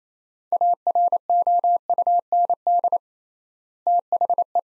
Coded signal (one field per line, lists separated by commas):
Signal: Morse code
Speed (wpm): 28 wpm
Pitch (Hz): 700 Hz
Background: none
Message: AROUND THE